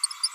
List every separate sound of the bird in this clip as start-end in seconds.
0.03-0.06, 0.23-0.28